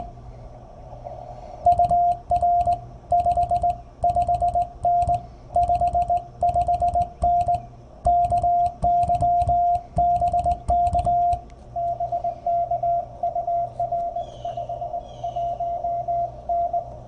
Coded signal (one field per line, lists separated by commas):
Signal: Morse code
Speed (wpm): 21 wpm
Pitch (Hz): 690 Hz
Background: radio noise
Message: UR 55N 55N KY BK BK UR 51N